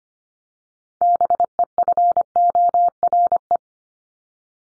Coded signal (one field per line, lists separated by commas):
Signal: Morse code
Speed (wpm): 25 wpm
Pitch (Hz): 700 Hz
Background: none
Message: BEFORE